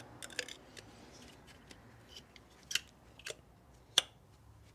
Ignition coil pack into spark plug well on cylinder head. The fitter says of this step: there we go once you hear the click